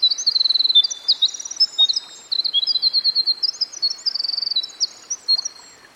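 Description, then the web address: Winter wren singing a long bubbling run of very high, rapid trills and chattering notes, barely pausing throughout, over faint steady hiss. Recorded by a stream. "Dan Gibson Songbirds By The Stream. Winter Wren"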